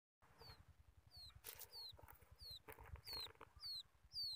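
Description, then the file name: Quail chick giving high, descending peeps roughly every half second, mixed with sharp rustling bursts and a steady background hiss. Chick calling its mother. "tieng cut con goi me"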